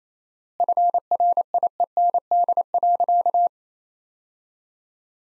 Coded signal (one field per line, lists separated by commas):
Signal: Morse code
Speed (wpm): 28 wpm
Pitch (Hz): 700 Hz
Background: none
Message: FRIEND.